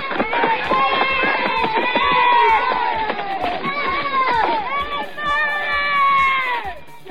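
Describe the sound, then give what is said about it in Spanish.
A crowd of children running out of school shout and scream together in a loud, continuous din, pushing each other, high excited voices overlapping with footsteps of running kids throughout. “Salen despavoridos, corriendo en cualquier dirección como endemoniados, empujándose y gritando, como huyendo de algo.”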